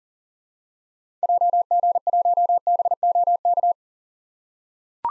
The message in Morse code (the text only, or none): JG1BOK